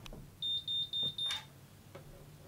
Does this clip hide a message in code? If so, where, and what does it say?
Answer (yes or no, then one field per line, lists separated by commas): no